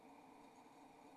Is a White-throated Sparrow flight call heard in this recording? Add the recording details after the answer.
no. No flight call is heard. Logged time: 01:46 on 28 November 2014